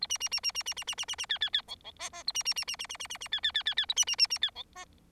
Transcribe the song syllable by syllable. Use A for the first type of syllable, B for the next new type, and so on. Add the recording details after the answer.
A B B B B B B B B B B B C C C D D E E A B B B B B B B B B C C C C C A B B B B C D E. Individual Bird4